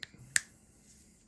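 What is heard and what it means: A plastic accessory part is pushed back onto a Hot Toys 1989 Batman 2.0 (standard version) action figure, with a faint tick at 0.0 s. It ends in a sharp, short click at 0.4 s as the part plugs back on and seats.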